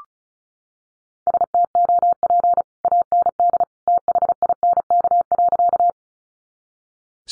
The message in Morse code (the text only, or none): STOP AND THINK.